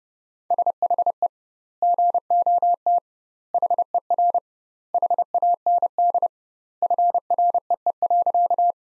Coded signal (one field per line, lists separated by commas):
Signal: Morse code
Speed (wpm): 30 wpm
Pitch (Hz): 700 Hz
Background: none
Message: SHE GOT HER HAND FREE.